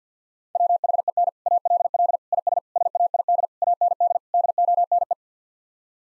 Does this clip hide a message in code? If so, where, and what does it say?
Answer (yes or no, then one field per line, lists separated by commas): yes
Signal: Morse code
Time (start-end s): 0.6-5.1 s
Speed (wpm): 50 wpm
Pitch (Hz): 700 Hz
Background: none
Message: WHEN ALL IS SAID AND DONE